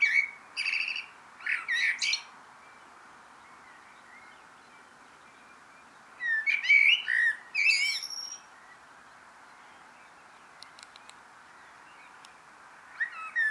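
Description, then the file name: Common blackbird song in two separate phrases of fluty whistles and high squeaky notes, with a long quiet gap between them, faint ticks late on and a brief note at the end. "Turdus merula"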